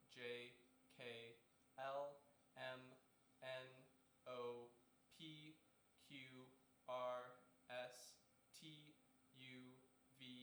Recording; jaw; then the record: letters of the alphabet, spoken; free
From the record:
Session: seven days later